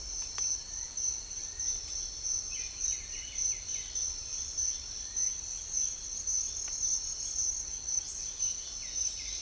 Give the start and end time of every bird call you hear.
[2.35, 4.05] bird call (1.4-4.0 kHz)
[8.41, 9.42] bird call (1.2-4.5 kHz)

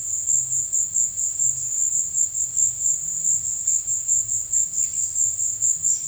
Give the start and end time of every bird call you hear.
[5.85, 6.07] bird call (4.5-6.3 kHz)

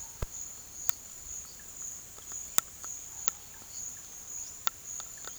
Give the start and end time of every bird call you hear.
[4.33, 4.59] bird call (3.9-6.7 kHz)

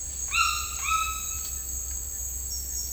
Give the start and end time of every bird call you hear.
[0.33, 1.37] bird call (0.6-6.0 kHz)

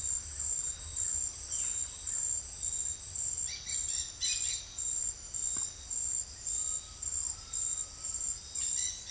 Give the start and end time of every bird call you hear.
[1.43, 2.32] bird call (1.1-3.8 kHz)
[3.41, 4.65] bird call (1.7-6.9 kHz)
[6.47, 8.46] bird call (0.6-2.0 kHz)

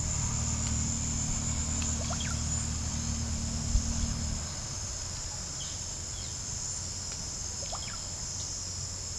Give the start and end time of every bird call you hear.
[1.78, 2.67] bird call (0.3-9.9 kHz)
[5.48, 6.90] bird call (2.7-9.9 kHz)
[7.37, 8.01] bird call (0.2-5.1 kHz)

